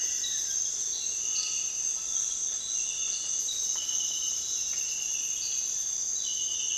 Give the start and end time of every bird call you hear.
[0.00, 0.64] unidentified bird
[0.88, 2.62] Undulated Tinamou

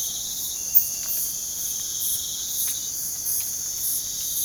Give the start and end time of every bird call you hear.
[0.89, 1.24] Tropical Screech-Owl

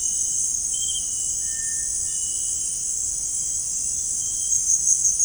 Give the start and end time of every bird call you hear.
[1.34, 2.29] Cinereous Tinamou

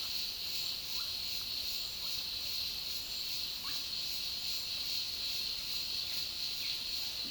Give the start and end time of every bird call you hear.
[0.94, 1.10] Russet-backed Oropendola
[3.62, 3.77] Russet-backed Oropendola

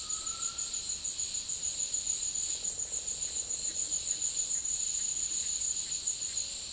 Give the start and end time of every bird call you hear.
[0.00, 0.71] Undulated Tinamou

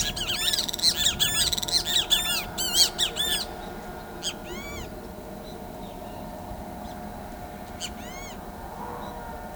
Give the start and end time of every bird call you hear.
[0.00, 3.43] Great Kiskadee
[4.22, 4.86] Great Kiskadee
[7.78, 8.35] Great Kiskadee

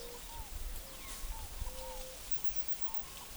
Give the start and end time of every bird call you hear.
[0.00, 3.36] White-tipped Dove
[0.26, 3.36] Scaled Dove

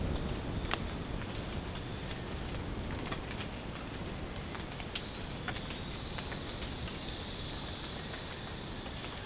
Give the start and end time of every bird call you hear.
[5.00, 7.90] Silvered Antbird

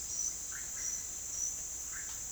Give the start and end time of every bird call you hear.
[0.46, 2.32] Russet-backed Oropendola

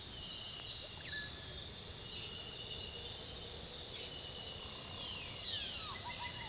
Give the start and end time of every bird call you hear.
[0.97, 1.28] Crested Oropendola
[4.97, 6.48] Crested Oropendola

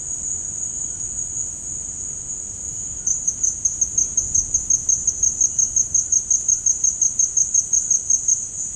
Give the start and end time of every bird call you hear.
[5.87, 6.80] White-throated Toucan

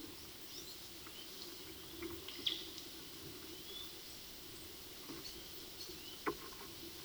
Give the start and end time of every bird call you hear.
[2.02, 2.55] Russet-backed Oropendola

